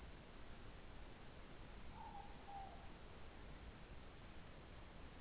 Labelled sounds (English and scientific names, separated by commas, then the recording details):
Morepork (Ninox novaeseelandiae) more-pork call
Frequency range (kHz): Morepork (Ninox novaeseelandiae) 0.6-1.1 kHz
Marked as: faintness 2/5
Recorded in New Zealand
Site Taranaki